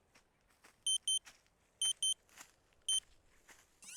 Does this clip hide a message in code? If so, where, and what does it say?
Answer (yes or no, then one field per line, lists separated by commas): no